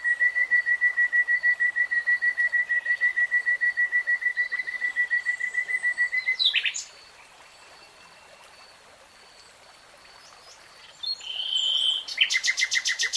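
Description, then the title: Nightingale producing a long steady series of fast pulsed tones for six seconds, then silence, then a whistle and quick high notes. Nightingale singing, recorded in real time. "[Tiếng chim hót] Nightingale Singing"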